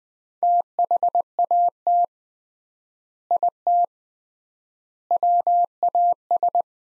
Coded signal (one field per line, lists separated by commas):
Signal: Morse code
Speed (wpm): 21 wpm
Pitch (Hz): 700 Hz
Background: none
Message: THAT IT WAS